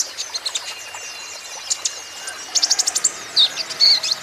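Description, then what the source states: Van Hasselt's sunbird with soft scattered high chips at first, then a quick burst of sharp notes and slurred whistles near the end. Steady continuous 'gacor' singing, a 'konin ijoan', used as a lure and as therapy to get untrained birds to answer back.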